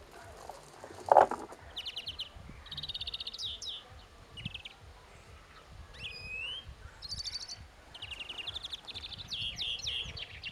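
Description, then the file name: European greenfinch giving short trilled twitters in several bursts, with a few higher chirps, one sharp loud burst early on, and faint background hum. "Chloris chloris"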